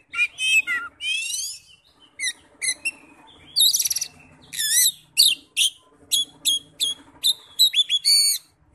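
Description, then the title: Oriental magpie-robin song, a rapid, varied run of sharp whistles, buzzy trills and chattering phrases, delivered in quick bursts with brief pauses throughout. "Kacer"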